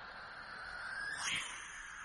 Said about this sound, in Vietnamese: Vừa dứt lời thì trên bầu trời có tiếng con chim lợn. Nó en ét, nó bay qua.